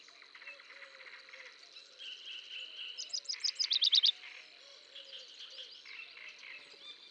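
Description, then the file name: Common chaffinch song: a short, rapid series of repeated notes, heard against a busy background. "Fringilla coelebs"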